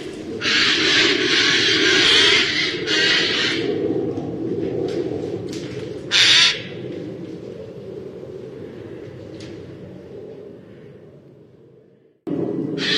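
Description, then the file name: Eurasian jay giving harsh screeching at the start and a short rasp near the middle, over steady low noise, with another harsh burst at the very end. "canto do gaio comum"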